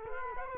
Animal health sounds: mosquito wingbeat signal from an infrared sensor; Culex quinquefasciatus

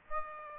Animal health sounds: mosquito wingbeat signal from an infrared sensor; Aedes aegypti

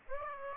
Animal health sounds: mosquito wingbeat signal from an infrared sensor; Aedes aegypti

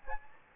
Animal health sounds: mosquito wingbeat signal from an infrared sensor; Anopheles gambiae

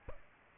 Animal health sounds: mosquito wingbeat signal from an infrared sensor; Aedes albopictus

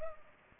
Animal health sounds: mosquito wingbeat signal from an infrared sensor; Culex pipiens

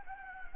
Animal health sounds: mosquito wingbeat signal from an infrared sensor; Anopheles gambiae

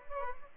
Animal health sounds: mosquito wingbeat signal from an infrared sensor; Aedes albopictus

